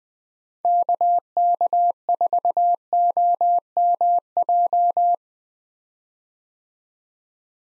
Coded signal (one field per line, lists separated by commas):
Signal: Morse code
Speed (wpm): 20 wpm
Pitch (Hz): 700 Hz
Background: none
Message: KK4OMJ